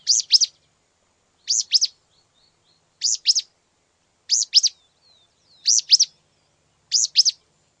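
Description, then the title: Pale-breasted spinetail singing a steady series of high two-note phrases, repeated roughly every one and a half seconds, with faint thin whistled notes in the gaps. Subspecies australis. "LuckyPassaro Completos2Sama. Pale-breasted Spinetail (Synallaxis albescens australis)"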